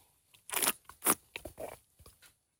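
A second sip of coffee, tasted after it has cooled a little: a loud, hissing slurp followed by a second sharp draw, then a few smaller wet mouth sounds and swallows fading out. No one speaks.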